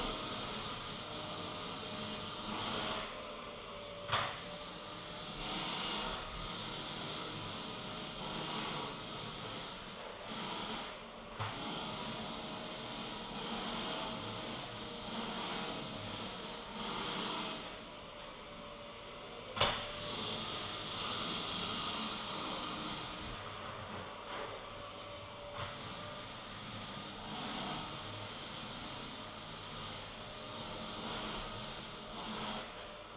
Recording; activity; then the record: daily activity, microphone in the room; vacuum cleaning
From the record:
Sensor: 4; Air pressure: 1002.9 hPa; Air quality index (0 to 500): 242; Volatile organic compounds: 18 ppm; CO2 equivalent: 2631 ppm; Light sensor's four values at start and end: 5/11/4/5 and 5/12/4/5